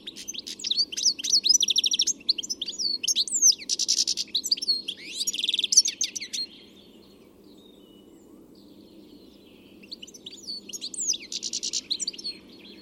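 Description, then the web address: Bird song, a rapid busy stream of high, varied chirps, trills and buzzy notes for six seconds, a pause, then another burst of the same. "Deverinetal. Bird Only"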